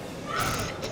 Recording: coughing mixed with background sound